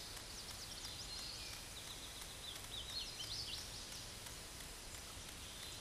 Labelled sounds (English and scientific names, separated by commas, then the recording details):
Hooded Warbler (Setophaga citrina) song
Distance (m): 55 m
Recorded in a Pennsylvania forest on 18 May 2023 at 12:59
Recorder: AudioMoth, point grid1_32_low
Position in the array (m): 149 m, 123 m